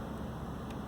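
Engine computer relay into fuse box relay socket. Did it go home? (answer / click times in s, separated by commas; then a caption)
no / none. A new engine computer (ECU) relay is handled at its socket in the engine-bay fuse box of a 2012–2018 Ford Focus MK3 that won't start. Only a steady broadband hiss with low rumble is heard, with a faint brief high-pitched wisp near 0.7 s. Nothing has seated or clicked yet.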